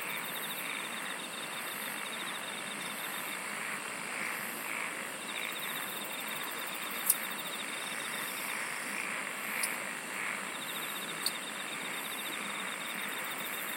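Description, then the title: Insects keep up long, rapidly pulsed trills, starting and stopping in turn, over a thin high drone, with three sharp clicks and broad hiss. "SINGING OF INSECTS"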